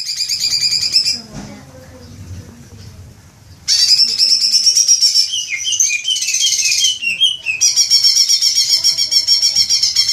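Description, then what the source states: Leafbird song: a short trill, a quiet pause, then sustained rapid buzzy trilling with varied twittering phrases running to the end. Indonesian name cucak ijo; bird described as gacor, singing actively and vigorously.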